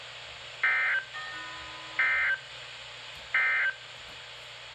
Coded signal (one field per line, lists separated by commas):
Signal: Emergency Alert System (SAME) tones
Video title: A not so chaotic enhance (5/16/22) (EAS #167-168)